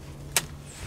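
A spring-loaded lock on a Klein Machining AR-RPK Heavy Duty metal carry handle, which mounts on a Picatinny rail, is locked again. A single sharp click is heard at 0.4 s over a steady low hum, and the handle's spring detent locks into place.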